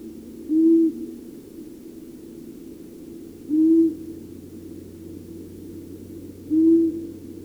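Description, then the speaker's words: Long-eared owl hooting: three short, evenly spaced hoots, one roughly every three seconds. Common in years with plenty of voles and mice; can be nearly absent in poor vole years. "Tämä ääntelijä oli sarvipöllö."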